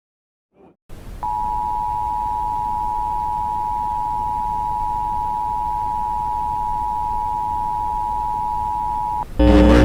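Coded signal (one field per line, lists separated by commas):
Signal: Emergency Alert System (SAME) tones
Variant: 853 and 960 Hz attention tone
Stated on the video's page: Mock EAS alert recreation, not a real broadcast.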